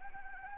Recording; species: mosquito wingbeat signal from an infrared sensor; Anopheles arabiensis